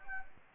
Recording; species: mosquito wingbeat signal from an infrared sensor; Anopheles gambiae